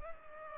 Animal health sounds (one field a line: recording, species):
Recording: mosquito wingbeat signal from an infrared sensor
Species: Culex pipiens